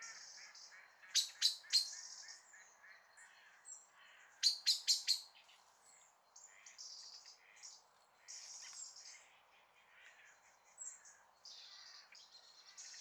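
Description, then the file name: Common blackbird uttering two short bursts of sharp clicking notes amid faint high twitters and thin whistles. "Turdus merula"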